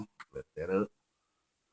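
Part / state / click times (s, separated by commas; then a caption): folding stem latch into scooter deck hinge / not seated / none. The metal folding stem latch of a carbon fiber electric scooter is handled at the deck hinge as the folding lever is pushed down and the stem is lifted up. Someone talks in short bursts for about the first second, followed by near silence. Nothing has seated or clicked yet.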